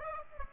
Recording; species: mosquito wingbeat signal from an infrared sensor; Aedes aegypti